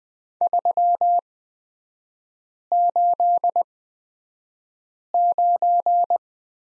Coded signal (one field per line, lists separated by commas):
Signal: Morse code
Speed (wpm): 20 wpm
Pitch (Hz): 700 Hz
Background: none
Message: 389